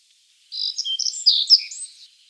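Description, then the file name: Black-faced bunting giving a brief high twittering burst of thin slurred notes over about one and a half seconds, with silence around it. "Ovsjanka sedogolovaja"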